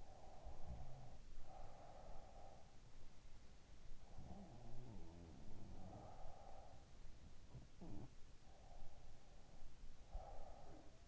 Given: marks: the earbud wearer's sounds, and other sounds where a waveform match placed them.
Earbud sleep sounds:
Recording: sounds in sleep by an in-ear microphone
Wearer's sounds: breath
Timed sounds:
0.00-2.91 s: breath
0.33-1.13 s: sound from someone else or the room
4.17-6.85 s: sound from someone else or the room
7.15-8.22 s: sound from someone else or the room
8.27-11.08 s: breath
10.05-11.08 s: sound from someone else or the room

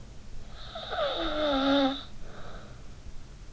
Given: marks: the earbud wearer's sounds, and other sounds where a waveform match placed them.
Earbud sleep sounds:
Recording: sounds in sleep by an in-ear microphone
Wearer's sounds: snoring breath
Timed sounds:
0.28-3.48 s: snoring breath

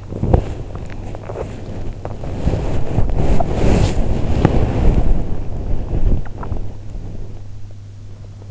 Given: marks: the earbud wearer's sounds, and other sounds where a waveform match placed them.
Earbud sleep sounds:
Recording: sounds in sleep by an in-ear microphone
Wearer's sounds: body movement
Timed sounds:
0.12-7.38 s: body movement

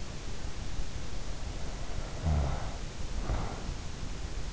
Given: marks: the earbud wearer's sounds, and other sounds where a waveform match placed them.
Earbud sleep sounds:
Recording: sounds in sleep by an in-ear microphone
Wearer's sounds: snoring breath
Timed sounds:
1.39-3.76 s: snoring breath

